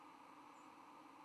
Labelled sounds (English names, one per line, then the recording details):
White-throated Sparrow flight call
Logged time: 04:36 on 10 November 2014